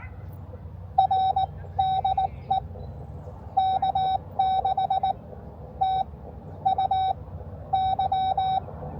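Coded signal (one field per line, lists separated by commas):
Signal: Morse code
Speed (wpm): 19 wpm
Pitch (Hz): 770 Hz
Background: none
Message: R DE K6TUY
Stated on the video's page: Park activation where conditions prevented contacts.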